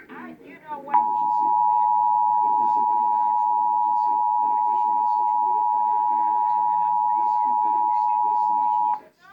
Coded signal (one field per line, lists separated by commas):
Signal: Emergency Alert System (SAME) tones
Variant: 853 and 960 Hz attention tone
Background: speech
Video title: National EAS Test 2016 WLS-TV Chicago (EAS #943)